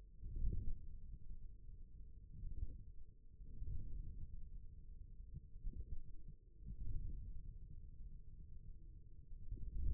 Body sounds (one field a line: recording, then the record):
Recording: forearm muscle sounds (acoustic myography)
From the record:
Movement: wrist flexion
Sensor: system 1, eight BSWA MPA416 microphones around the upper forearm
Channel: 2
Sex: male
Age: 41 years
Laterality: right